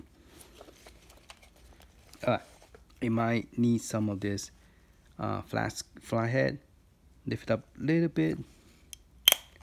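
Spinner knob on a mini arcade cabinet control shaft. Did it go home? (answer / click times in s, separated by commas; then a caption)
released / 9.3 s. Someone talks while prying up the spinner knob on the control shaft of an Arcade1Up Pong mini cabinet with a flathead screwdriver, lifting it a little amid faint small taps. At 9.3 s a sharp, loud pop sounds as whatever holds the knob, glue or similar, lets go, and the knob is free of the shaft.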